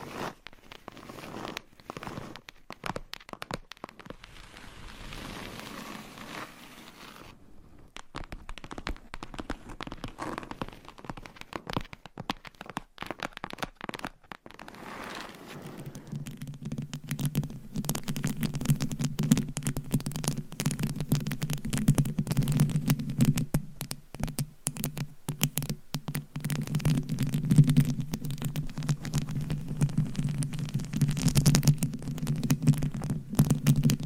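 Tapping and scratching sound as a dense run of quick, irregular clicks and scrapes across the whole 34 seconds. Around 16 seconds a low, steady hum comes in beneath them and stays, and the scratching grows busier and louder from there on.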